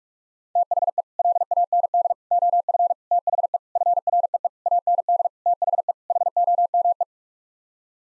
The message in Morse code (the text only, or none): THE LAND OF THE FREE AND THE HOME